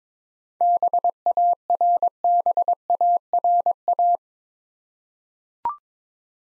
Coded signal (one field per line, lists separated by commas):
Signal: Morse code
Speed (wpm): 22 wpm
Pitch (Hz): 700 Hz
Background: none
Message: BARBARA